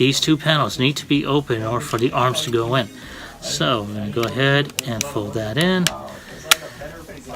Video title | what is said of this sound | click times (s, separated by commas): I ❤️ Toys! - Episode 38 (Transformers: Siege - War For Cybertron Trilogy Optimus Prime) | hear the snap now you're gonna | 6.5 s